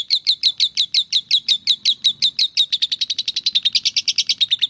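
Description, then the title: Oriental magpie-robin singing a steady, rapid series of high, sharp chirps, quickening slightly toward the end. "Kicau Kacer"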